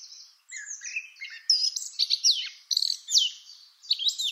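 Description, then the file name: Eurasian blackcap song, a quiet scratchy warble opening into louder, fluty whistled phrases with sharp downward slurs, broken by short pauses. "Sylvia atricapilla"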